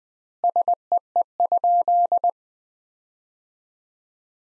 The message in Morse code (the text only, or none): SEE?